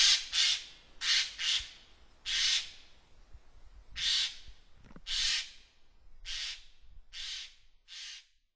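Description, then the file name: Eurasian jay giving repeated hoarse, noisy screeches, the first few in quick pairs, with brief pauses between. Recorded in Wakayama on 27 October 2014. "kakesu wakayama kuroda"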